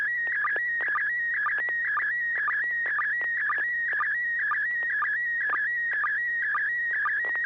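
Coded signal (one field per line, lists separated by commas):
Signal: SSTV (slow-scan television)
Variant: PD120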